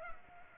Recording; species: mosquito wingbeat signal from an infrared sensor; Culex pipiens